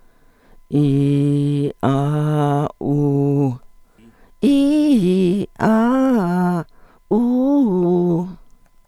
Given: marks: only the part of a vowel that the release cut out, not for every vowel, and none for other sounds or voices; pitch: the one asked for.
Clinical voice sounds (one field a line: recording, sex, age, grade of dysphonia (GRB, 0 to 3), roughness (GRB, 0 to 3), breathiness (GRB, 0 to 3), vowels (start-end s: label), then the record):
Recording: sustained vowels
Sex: female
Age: 60 to 69 years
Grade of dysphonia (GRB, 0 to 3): 2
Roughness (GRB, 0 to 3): 0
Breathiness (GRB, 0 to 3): 2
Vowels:
0.79-1.61 s: vowel /i/, low pitch
1.89-2.60 s: vowel /a/, low pitch
2.90-3.45 s: vowel /u/, low pitch
4.49-5.31 s: vowel /i/, low-high-low pitch
5.68-6.50 s: vowel /a/, low-high-low pitch
7.20-8.16 s: vowel /u/, low-high-low pitch
From the record:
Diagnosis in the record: functional dysphonia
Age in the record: 62 years